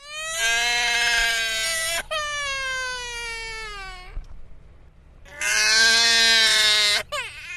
Baby crying.